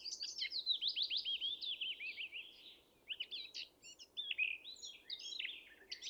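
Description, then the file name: Eurasian blackcap song, a fast chattering warble of repeated sharp notes, a short pause, then more broken twittering phrases, with faint background hiss. "Sylvia atricapilla"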